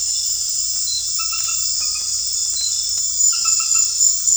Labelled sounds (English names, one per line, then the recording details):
none
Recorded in secondary vegetation near Puerto Asís, Putumayo, Colombia, on 28 February 2025 at 21:30
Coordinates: 0.484, -76.319
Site G010